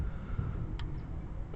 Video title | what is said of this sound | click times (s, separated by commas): 2008 Scion xb valve cover gasket replacement | there's the click | 0.8 s